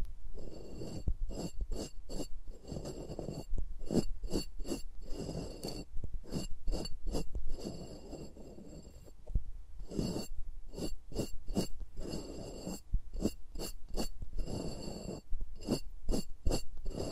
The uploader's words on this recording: ASMR with Mics Around My Fingers (No Talking).